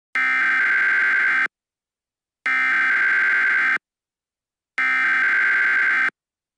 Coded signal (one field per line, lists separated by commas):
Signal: Emergency Alert System (SAME) tones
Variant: header bursts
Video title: hawk tuah eas scenario